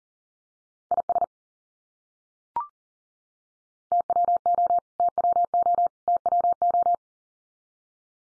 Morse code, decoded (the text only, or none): IS TWO TWO TWO